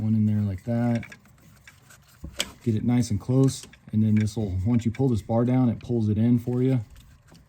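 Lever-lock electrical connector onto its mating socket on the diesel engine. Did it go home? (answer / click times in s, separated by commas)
no / none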